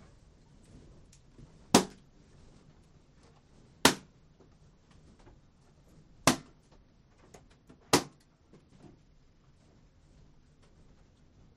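Balloons are popped one at a time with a needle on a stick, four sharp bangs spaced about two seconds apart over faint rustling.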